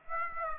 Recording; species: mosquito wingbeat signal from an infrared sensor; Aedes aegypti